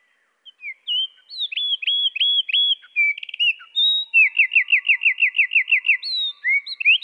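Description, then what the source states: Eurasian wren song at lowered pitch: scattered whistles and hooked notes, a short buzz, then a long even trill and a couple of closing slurs. Pitched down one octave.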